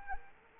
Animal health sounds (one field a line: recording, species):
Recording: mosquito wingbeat signal from an infrared sensor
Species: Anopheles arabiensis